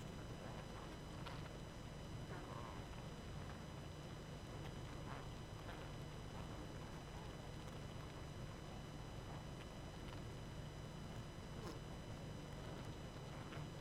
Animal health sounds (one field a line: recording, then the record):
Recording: honeybee colony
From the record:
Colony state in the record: active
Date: 12 June 2018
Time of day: 20:51